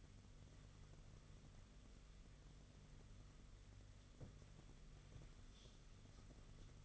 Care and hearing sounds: daily activity, microphone in the room; wipe stove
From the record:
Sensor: 4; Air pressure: 995.4 hPa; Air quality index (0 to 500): 213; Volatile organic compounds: 240 ppm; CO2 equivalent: 4334 ppm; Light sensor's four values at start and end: 22/71/26/29 and 23/74/28/30

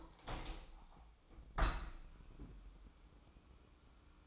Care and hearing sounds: daily activity, microphone in the room; open window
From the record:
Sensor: 1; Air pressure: 1000.5 hPa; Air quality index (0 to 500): 182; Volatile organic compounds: 4 ppm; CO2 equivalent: 1669 ppm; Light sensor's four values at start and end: 10/24/10/11 and 11/26/10/12

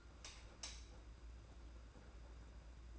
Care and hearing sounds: daily activity, microphone in the room; light on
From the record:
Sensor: 2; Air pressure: 991.7 hPa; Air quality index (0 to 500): 227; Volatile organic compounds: 1000 ppm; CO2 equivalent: 7616 ppm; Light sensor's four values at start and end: 11/27/11/11 and 16/44/17/16

